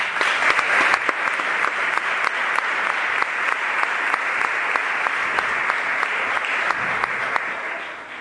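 Steady audience applause at a presentation about the Ultra Trail race, a dense wash of many hands clapping at an even, sustained level throughout before beginning to thin slightly at the end.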